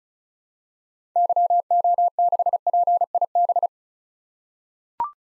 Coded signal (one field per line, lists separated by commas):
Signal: Morse code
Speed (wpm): 36 wpm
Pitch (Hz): 700 Hz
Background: none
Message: YO6PIB